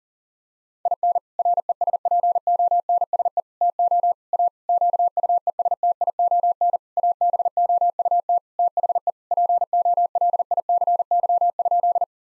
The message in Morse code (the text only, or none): IN RESPONSE TO A QUESTION ABOUT THE POLICY?